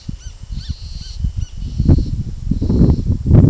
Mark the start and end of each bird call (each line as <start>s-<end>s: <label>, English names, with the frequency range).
0.00s-1.56s: Roadside Hawk (1.0-8.4 kHz)